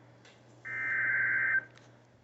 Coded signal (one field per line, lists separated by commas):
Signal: Emergency Alert System (SAME) tones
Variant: header bursts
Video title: Morning Mischief... | EAS #208-214 (Severe Weather Alerts from 4/28/2023)